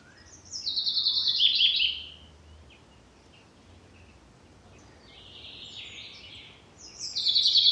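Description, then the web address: Common chaffinch singing a loud phrase, then a softer, blurred phrase, and the start of another loud phrase at the end. "Deverinetal"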